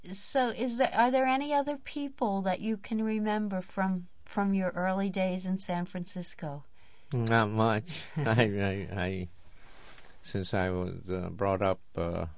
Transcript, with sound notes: So is there, are there any other people that you can remember from your early days in San Francisco?
Not much. ( he laughs ) I, since I was brought up, uh,